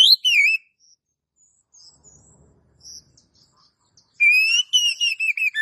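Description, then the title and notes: Oriental magpie-robin song: a short warbled whistle phrase, a near-silent gap, then a rich run of bright rising and falling whistles. Long-duration kacer song used to train cage birds. "Master Kacer Durasi Panjang. Suara Masteran Burung Kacer Durasi Panjang"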